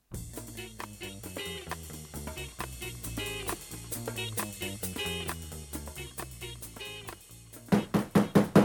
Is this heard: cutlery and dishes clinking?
no